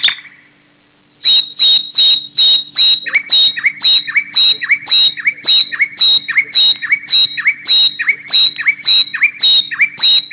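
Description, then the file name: Bird singing a fast run of loud, sharp chirps, about three a second, beginning after a brief quiet pause, over a low steady hum. "Suara Kicau burung"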